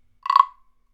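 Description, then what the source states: Frog croak: one short, rough, pulsing croak lasting about a quarter second, with silence before and after. Large frog.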